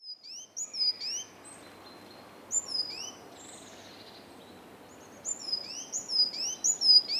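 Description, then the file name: Great tit calls: scattered high, sharp notes early on, then a quicker run of repeated thin, down-slurred notes toward the end, over a hissy background. "Parus major"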